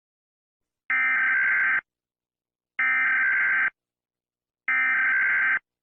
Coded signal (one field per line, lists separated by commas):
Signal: Emergency Alert System (SAME) tones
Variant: header bursts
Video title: EAS Scenario 4: MintNado (Part 2)